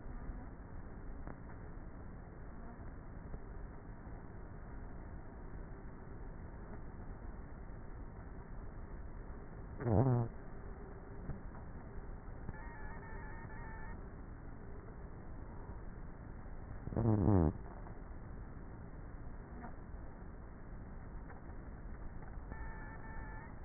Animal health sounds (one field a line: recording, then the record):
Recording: honeybee colony, microphone inside the hive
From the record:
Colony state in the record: queenless with a low population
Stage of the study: before two queens were removed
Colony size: about 30,000 bees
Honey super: no